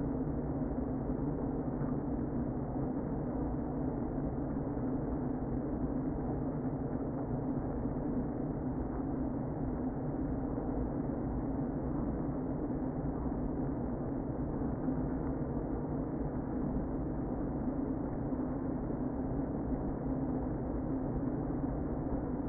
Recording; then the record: honeybee colony, microphone inside the hive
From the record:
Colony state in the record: queen present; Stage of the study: before two queens were removed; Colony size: about 60,000 bees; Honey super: yes